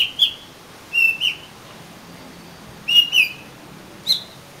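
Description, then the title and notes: Oriental magpie-robin song: four short whistled phrases, the first three double notes and the last single, at uneven gaps, clear against a quiet background. "suara kacer. kumpulan suara burung kacer"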